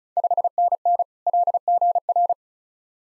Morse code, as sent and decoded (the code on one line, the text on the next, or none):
..... -. -. / .-.. --. .-.
5NN LGR